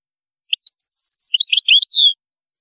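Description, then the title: European goldfinch song, a rapid run of tinkling, twittering high notes ending in a drawn-out, slurred descending note, lasting about one and a half seconds. "Chant Chardonneret"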